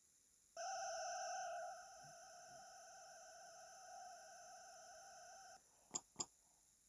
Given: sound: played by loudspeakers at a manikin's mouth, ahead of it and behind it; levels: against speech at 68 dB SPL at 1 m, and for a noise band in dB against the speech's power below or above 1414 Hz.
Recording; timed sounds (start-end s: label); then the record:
test signals for a remote microphone
0.56-5.56 s: four noise bands (707, 1414, 2828 and 5656 Hz), 50 dB SPL
5.94 s: click
6.19 s: click
From the record:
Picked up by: remote microphone A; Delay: 47 ms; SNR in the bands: 30 dB at 707 Hz, 26 dB at 1414 Hz, 17 dB at 2828 Hz, 18 dB at 5656 Hz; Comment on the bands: stepped gain adaptation after first 1 s